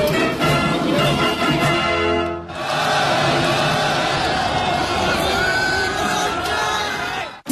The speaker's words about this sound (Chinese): 现场数万名观众齐声高唱，祝福祖国繁荣富强。